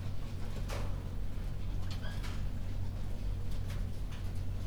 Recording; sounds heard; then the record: poultry house recording; sick chickens (respiratory disease)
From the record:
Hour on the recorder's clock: 21